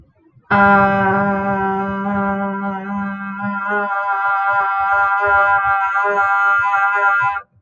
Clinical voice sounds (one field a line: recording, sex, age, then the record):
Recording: vowel held as long as possible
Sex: female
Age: 30 to 39 years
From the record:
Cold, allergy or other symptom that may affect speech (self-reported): no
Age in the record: 30 years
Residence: Oklahoma, United States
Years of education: 13